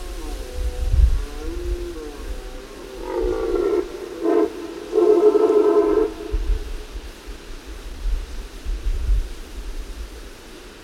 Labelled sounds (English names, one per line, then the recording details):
Red Deer call
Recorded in the wild
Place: Glowe, Insel Rügen, Mecklenburg-Vorpommern, DE
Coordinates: 54.569, 13.471
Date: 1973-10-07
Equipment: Nagra III BH, Sennheiser MD 21, parabola
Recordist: Schubert, Michael